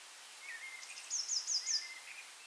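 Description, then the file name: Eurasian blue tit call: one quick run of several thin, very high notes, with softer lower notes before and after. "Cyanistes caeruleus"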